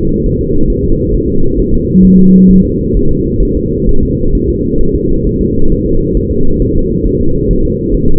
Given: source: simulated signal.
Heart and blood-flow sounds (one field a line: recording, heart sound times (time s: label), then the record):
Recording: fetal heart sounds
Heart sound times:
0.26 s: S1
0.41 s: S2
0.70 s: S1
0.84 s: S2
1.14 s: S1
1.29 s: S2
1.59 s: S1
1.74 s: S2
2.05 s: S1
2.19 s: S2
2.51 s: S1
2.65 s: S2
2.97 s: S1
3.11 s: S2
3.43 s: S1
3.57 s: S2
3.89 s: S1
4.03 s: S2
4.35 s: S1
4.49 s: S2
4.81 s: S1
4.95 s: S2
5.27 s: S1
5.41 s: S2
5.72 s: S1
5.86 s: S2
6.17 s: S1
6.31 s: S2
6.62 s: S1
6.76 s: S2
7.07 s: S1
7.21 s: S2
7.51 s: S1
7.65 s: S2
7.94 s: S1
8.09 s: S2
From the record:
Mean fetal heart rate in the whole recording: 135 bpm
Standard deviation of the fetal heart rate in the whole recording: 3 bpm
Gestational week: 36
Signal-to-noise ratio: -19.1 dB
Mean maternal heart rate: 72 bpm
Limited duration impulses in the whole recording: present